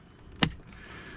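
The metal retaining clip on a plastic power seat switch is pressed home into the seat trim panel of a 2013 Ford F350 during a broken-switch replacement. A single sharp click at 0.4 s stands out above a low background, followed by a faint softer sound. The clip is seated.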